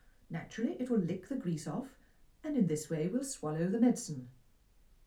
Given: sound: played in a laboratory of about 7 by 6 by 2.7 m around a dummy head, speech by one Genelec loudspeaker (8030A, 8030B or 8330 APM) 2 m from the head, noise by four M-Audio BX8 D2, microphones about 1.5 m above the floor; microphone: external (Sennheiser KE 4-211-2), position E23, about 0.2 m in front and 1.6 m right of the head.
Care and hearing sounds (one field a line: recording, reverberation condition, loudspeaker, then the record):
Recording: female speech in English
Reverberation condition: low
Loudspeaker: behind (180 degrees)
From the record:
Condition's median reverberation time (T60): about 310 ms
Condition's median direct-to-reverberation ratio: about 3.5 dB